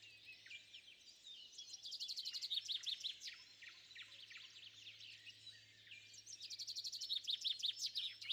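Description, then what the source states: Birds chirping and trilling, with bursts of fast, repeated high notes swelling around two seconds and again near seven seconds over a faint low hum. At sunrise.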